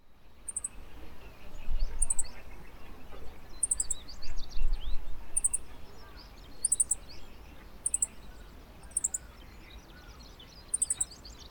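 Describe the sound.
Bird giving very high, thin call notes in short bursts, repeated roughly every one to two seconds, over a low rumbling background.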